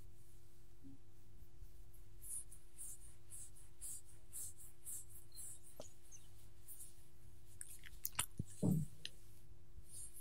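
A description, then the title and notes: A dog being petted, with soft scratching and rubbing strokes that come in bursts through most of the ten seconds. A steady low hum runs underneath. Near the end, a few sharp taps and a brief louder thump break in around eight to nine seconds. ASMR Petting My Dog - Scratching, Licking, and Eating Sounds.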